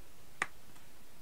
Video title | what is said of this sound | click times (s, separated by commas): all the best hunkydory | hear that click is fully down place | 0.4 s